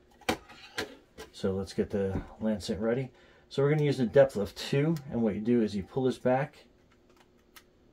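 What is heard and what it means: Someone talks while setting a spring-loaded lancing device to a depth of two and pulling back its plastic plunger to cock it. Short taps are heard near the start. Nothing has seated or clicked yet; the plunger has not yet caught and locked in the armed position.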